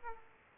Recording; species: mosquito wingbeat signal from an infrared sensor; Aedes aegypti